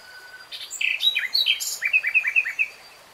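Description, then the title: Nightingale song: a jumble of quick varied notes, then several down-slurred chirps in a row. Singing in real time. "[Tiếng chim hót] Nightingale Singing"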